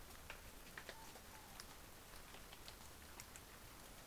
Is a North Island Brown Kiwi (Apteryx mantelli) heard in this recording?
no